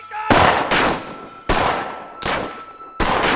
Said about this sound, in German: Da draußen wird geschossen. Wer schießt da? Woher soll ich das wissen?